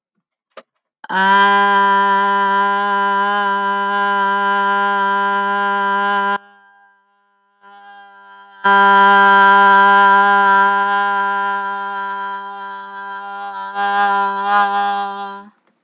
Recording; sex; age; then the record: vowel held as long as possible; female; 40 to 49 years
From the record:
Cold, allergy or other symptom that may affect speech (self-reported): no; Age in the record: 45 years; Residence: California, United States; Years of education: 16